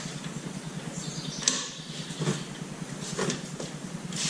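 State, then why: Torque reached. A click-type torque wrench tightens a rear brake caliper bracket bolt on a 2014–2018 Chevy Silverado or GMC Sierra pickup, with a steady low hum underneath. The wrench gives a sharp click at 1.5 s when it reaches the set torque, confirming the bolt is tightened to spec. Afterward someone talks.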